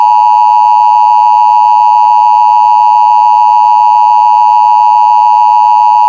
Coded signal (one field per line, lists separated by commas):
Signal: Emergency Alert System (SAME) tones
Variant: 853 and 960 Hz attention tone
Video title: What if a nuclear bomb eas interupts the Simpsons (eas scenario)